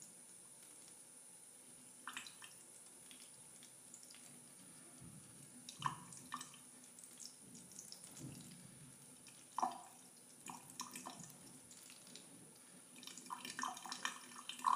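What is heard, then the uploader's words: Water trickles onto plastic in an uneven, patchy flow, with small splashes and taps scattered throughout. Louder spatters come around 6, 8, and 9.5 seconds and cluster more densely near the end, over a faint steady high whine and low hum. ASMR Water Trickling on Plastic.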